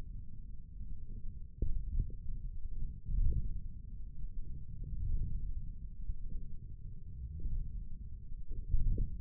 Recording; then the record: forearm muscle sounds (acoustic myography)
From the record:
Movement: wrist flexion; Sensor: system 1, eight BSWA MPA416 microphones around the upper forearm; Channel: 2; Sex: male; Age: 42 years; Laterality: right